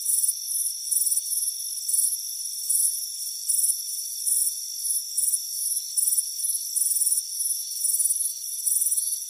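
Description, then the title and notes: Shrill cricket chirps repeat in uneven bursts, backed by a steady thin insect drone. Warm afternoon, relaxing in a hammock on a front porch. "Soothing Crickets Chirping Sound. It's a warm afternoon as you relax in a hammock on the front porch. Relax and fall asleep to the soothing sound of chirping crickets. Deep Sleep Sounds"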